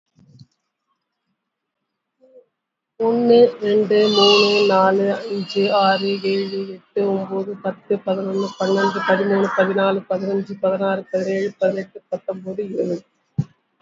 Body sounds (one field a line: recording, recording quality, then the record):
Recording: counting at a normal pace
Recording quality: excellent, no background noise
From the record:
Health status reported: healthy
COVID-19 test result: not tested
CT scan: not taken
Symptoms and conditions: cough, fever, muscle pain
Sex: female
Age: 46 years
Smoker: no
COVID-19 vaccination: both doses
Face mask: worn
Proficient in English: yes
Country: India